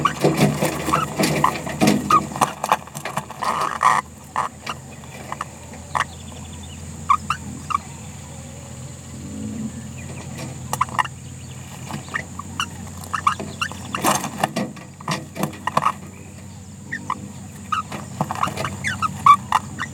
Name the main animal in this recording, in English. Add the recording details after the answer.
Green-rumped Parrotlet. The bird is a female. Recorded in a nest box in Venezuela. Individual 17B73B3